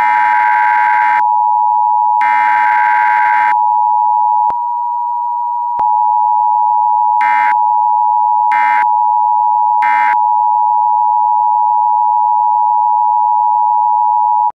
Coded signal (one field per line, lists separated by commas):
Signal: Emergency Alert System (SAME) tones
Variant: 853 and 960 Hz attention tone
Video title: EAS Scenario #2 The Great Las Vegas Fire